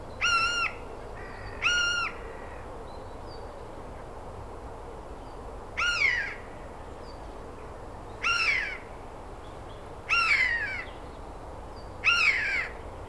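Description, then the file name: Eurasian jay screeching harshly, two quick calls followed by four more spaced about two seconds apart, with low steady background noise. "Garrulus glandarius"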